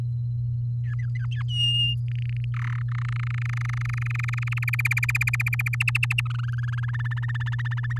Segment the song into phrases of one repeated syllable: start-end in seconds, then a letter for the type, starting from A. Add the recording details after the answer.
0.83-1.43 A, 1.48-1.95 B, 2.08-2.44 C, 2.54-2.79 D, 2.81-4.59 E, 4.62-5.75 F, 5.80-6.21 G, 6.25-6.91 H, 6.93-7.98 I. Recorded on 10 May 2018 at 06:41. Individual llb16